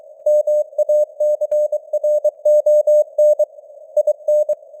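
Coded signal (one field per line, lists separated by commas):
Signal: Morse code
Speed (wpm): 23 wpm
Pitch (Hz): 600 Hz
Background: none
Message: MACRON IN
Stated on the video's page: Morse news headlines at 23 wpm with simulated radio noise and varying signal strength (QSB).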